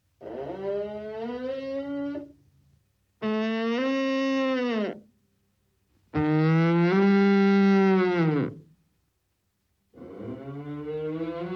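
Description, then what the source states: Moose giving four drawn-out, harmonic nasal calls with short silences between, the last cut off. Male moose, snorting.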